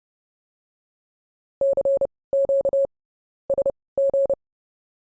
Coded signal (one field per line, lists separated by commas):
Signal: Morse code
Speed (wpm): 30 wpm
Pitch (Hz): 550 Hz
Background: none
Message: CQ SG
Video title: HAM RADIO 2025: YouTuber-Treffen (Untertitel verfügbar)